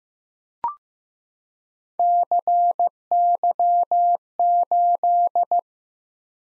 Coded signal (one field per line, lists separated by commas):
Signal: Morse code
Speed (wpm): 15 wpm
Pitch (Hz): 700 Hz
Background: none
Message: CY8